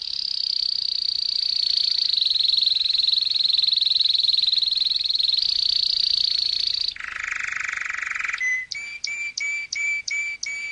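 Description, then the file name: Canary song: an extended high, fast trill, then a short harsh buzzy phrase, followed by several spaced, repeated clear chirps. "Canary Voice"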